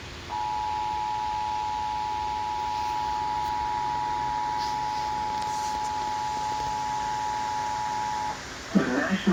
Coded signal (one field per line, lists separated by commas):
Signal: Emergency Alert System (SAME) tones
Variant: 853 and 960 Hz attention tone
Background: speech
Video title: EAS Severe Thunderstorm Warning - 07/26/2019